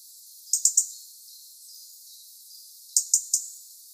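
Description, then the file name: European robin uttering two short bursts of three hard, high ticking notes, each burst rapid and even, about two and a half seconds apart. "Erithacus rubecula"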